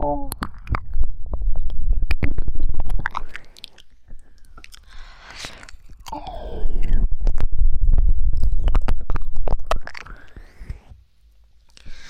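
Wet ear licking with saliva, made of sticky clicks, smacks and squelchy rubbing over a low rumbling undertone. Dense, loud stretches run from the start to about three seconds and again from six to ten seconds, with quieter, sparser clicking between and at the end.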